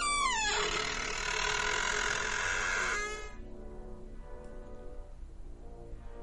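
A long, shrill creak of a door being gently pushed open, its harmonic squeal rising sharply then holding for a few seconds before stopping, followed by faint, softer groans of wood.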